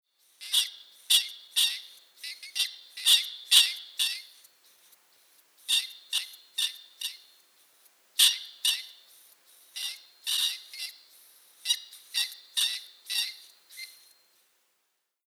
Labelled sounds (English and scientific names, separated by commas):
Brown Rat (Rattus norvegicus)